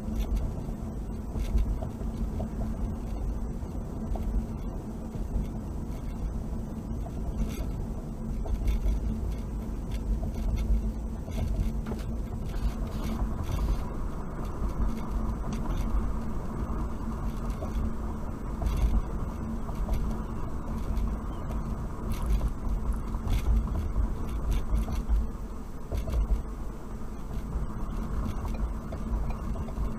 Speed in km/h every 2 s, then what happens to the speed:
56, 55, 53, 52, 52, 52, 50, 53, 52, 50, 50, 48, 48, 47, 47.
0-30 slows to 47.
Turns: none.